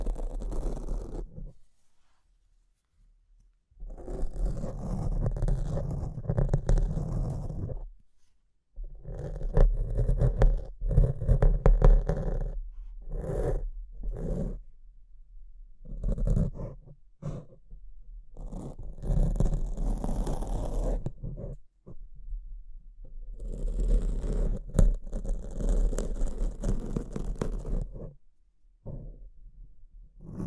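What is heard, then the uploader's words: Microphone scratching in rough bursts of rubbing and scraping, each lasting a few seconds, with sharp crackles reaching up into the hiss. Short silent gaps fall between bursts, around 2, 8, 15 and 22 seconds. A steady low hum runs underneath throughout. ASMR Brain Melting Mic Scratching (No Talking).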